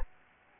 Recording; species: mosquito wingbeat signal from an infrared sensor; Aedes albopictus